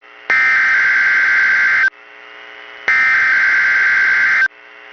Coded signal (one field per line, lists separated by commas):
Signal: Emergency Alert System (SAME) tones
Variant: header bursts